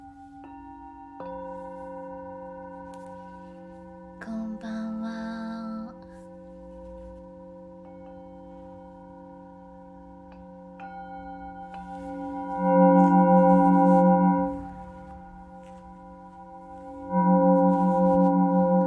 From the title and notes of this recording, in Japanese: チベットのシンギングボウルの音。